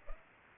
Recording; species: mosquito wingbeat signal from an infrared sensor; Aedes aegypti